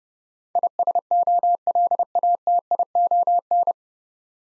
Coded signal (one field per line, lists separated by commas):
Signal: Morse code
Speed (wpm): 30 wpm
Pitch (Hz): 700 Hz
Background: none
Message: ISOLATION